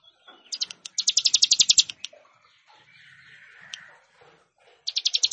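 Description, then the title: Plain prinia song: rapid buzzy pulsed notes in fast bursts, a long series then a short one, with faint other bird notes between. "Ciblek Sawah"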